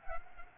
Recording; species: mosquito wingbeat signal from an infrared sensor; Culex pipiens